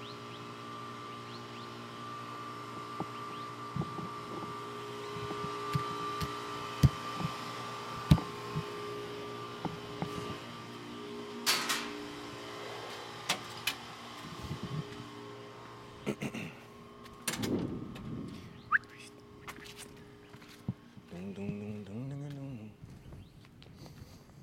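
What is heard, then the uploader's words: A walk around the block, with a steady low hum and faint droning tones running underneath throughout. Scattered sharp clicks and knocks come every second or two, with a louder rustling burst near twelve seconds and brief voice-like sounds toward the end. So, I took a one mile walk around my block and enjoyed the sounds.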